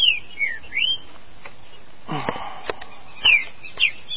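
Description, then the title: Green-winged saltator song: clear, sliding whistled notes at the start and end, interrupted midway by a short, harsh, buzzy sound and a few clicks. "Trinca Ferro"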